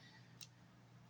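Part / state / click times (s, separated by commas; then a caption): wire blade terminal into automotive connector housing / not seated / none. A crimped metal blade terminal is pushed back into the rear of a plastic automotive connector housing, with a steady low hum and a brief faint high tap near 0.4 s. The terminal does not lock in place because its locking tang was compressed during removal, so nothing has seated or clicked yet.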